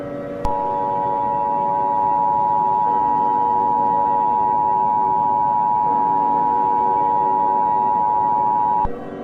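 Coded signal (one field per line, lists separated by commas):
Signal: Emergency Alert System (SAME) tones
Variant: 853 and 960 Hz attention tone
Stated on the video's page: Joke EAS scenario made as a parody, not a real alert.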